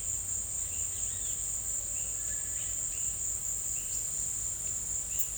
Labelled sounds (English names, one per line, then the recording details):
none
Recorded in pastures near Puerto Asís, Putumayo, Colombia, on 22 December 2024 at 16:00
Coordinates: 0.472, -76.329
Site G072